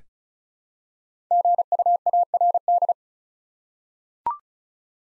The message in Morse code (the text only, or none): GUARD